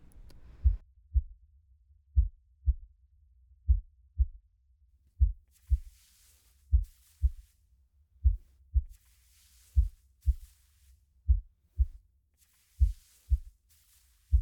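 Slow, steady paired heart thumps of an adult heartbeat heard through a pillow, at about 40 beats a minute, with soft intermittent hiss in the background.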